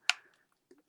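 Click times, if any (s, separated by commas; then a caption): 0.1 s. A plastic wing brace on a QIDI 560 beginner RC plane, a small foam model with a 500mm wingspan, is pushed down from the top into its slot on the fuselage. It snaps home with a sharp, bright click at 0.1 s, followed by two fainter taps near 0.7 and 0.9 s. The brace is seated and now quite solid.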